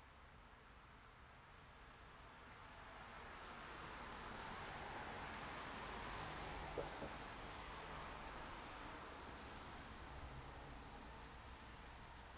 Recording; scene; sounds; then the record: everyday scene through a hearing-aid microphone; in traffic; traffic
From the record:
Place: city secondary road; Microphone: in the ear canal, right